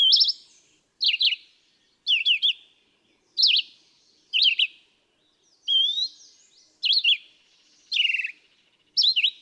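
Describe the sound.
Red-eyed vireo repeating short, varied whistled phrases roughly once per second, some sharply falling, one a rising slur.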